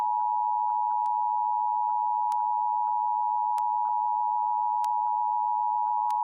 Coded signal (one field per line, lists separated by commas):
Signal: Emergency Alert System (SAME) tones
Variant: 853 and 960 Hz attention tone